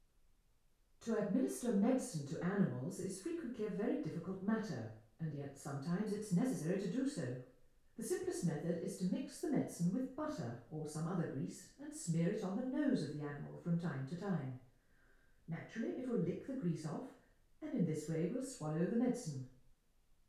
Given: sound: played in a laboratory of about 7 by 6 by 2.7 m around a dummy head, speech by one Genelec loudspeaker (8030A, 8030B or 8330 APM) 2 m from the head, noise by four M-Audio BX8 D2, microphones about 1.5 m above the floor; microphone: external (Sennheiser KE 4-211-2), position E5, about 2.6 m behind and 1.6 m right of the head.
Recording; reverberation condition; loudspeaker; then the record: female speech in English; medium; behind (180 degrees)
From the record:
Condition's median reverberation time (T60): about 510 ms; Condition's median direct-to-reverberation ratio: about -0.5 dB